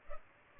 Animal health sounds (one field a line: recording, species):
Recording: mosquito wingbeat signal from an infrared sensor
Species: Culex pipiens